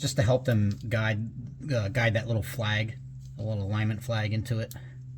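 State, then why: Not seated. Three crimped wire terminals for the flex fuel sensor wiring on an '00 Ranger V8 302 turbo swap are pushed together into the plastic connector housing, with a slight twist to line up the small alignment flag. Someone talks throughout. Nothing has seated or clicked yet.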